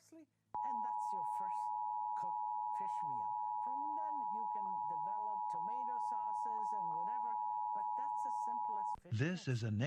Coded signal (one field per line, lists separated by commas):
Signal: Emergency Alert System (SAME) tones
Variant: 853 and 960 Hz attention tone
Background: speech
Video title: 2023 Nationwide EAS Test